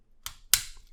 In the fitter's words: that it's a very nice solid click